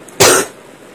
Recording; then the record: coughing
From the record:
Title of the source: 34 coughing up crap again